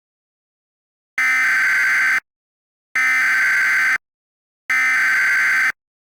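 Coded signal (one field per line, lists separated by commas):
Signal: Emergency Alert System (SAME) tones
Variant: header bursts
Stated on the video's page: Fictional EAS hack scenario with new audio.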